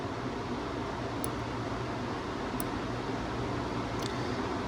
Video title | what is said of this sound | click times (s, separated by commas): Vintage Mercury Outboard Rebuild Part 2: Block Teardown and Honing | and then I'm gonna get it till it clicks. | 1.2 s, 2.6 s, 4.1 s